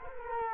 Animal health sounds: mosquito wingbeat signal from an infrared sensor; Culex quinquefasciatus

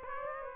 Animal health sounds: mosquito wingbeat signal from an infrared sensor; Aedes aegypti

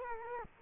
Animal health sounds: mosquito wingbeat signal from an infrared sensor; Culex quinquefasciatus

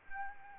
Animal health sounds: mosquito wingbeat signal from an infrared sensor; Aedes albopictus

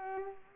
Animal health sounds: mosquito wingbeat signal from an infrared sensor; Culex pipiens

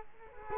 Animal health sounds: mosquito wingbeat signal from an infrared sensor; Culex quinquefasciatus

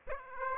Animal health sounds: mosquito wingbeat signal from an infrared sensor; Aedes aegypti

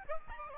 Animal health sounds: mosquito wingbeat signal from an infrared sensor; Aedes albopictus

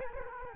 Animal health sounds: mosquito wingbeat signal from an infrared sensor; Culex quinquefasciatus

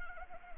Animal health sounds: mosquito wingbeat signal from an infrared sensor; Anopheles arabiensis

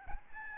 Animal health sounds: mosquito wingbeat signal from an infrared sensor; Aedes albopictus

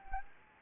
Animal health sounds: mosquito wingbeat signal from an infrared sensor; Anopheles gambiae

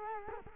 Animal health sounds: mosquito wingbeat signal from an infrared sensor; Culex quinquefasciatus

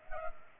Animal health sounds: mosquito wingbeat signal from an infrared sensor; Culex pipiens

